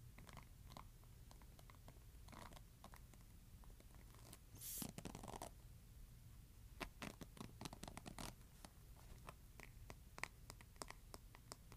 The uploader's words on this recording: ASMR Scratching Hairbrush.